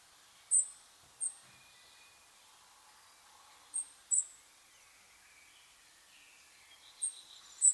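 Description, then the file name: European robin giving high, thin, short call notes in pairs separated by pauses of a few seconds, over faint background sounds. "Erithacus rubecula"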